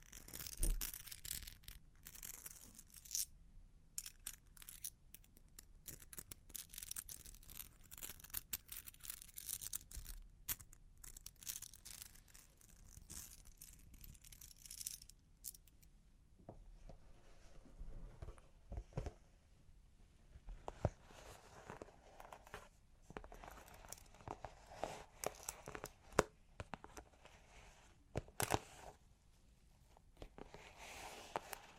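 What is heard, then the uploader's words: Long claws tap and scratch in quick, irregular bursts, each stroke a bright, crisp rasp. The first half is dense with fast scratching; after about sixteen seconds it turns sparser, with scattered sharp taps, crinkly scrapes and short pauses between. Long Claws Tapping and Scratching (No Talking).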